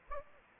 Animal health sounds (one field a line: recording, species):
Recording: mosquito wingbeat signal from an infrared sensor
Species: Aedes aegypti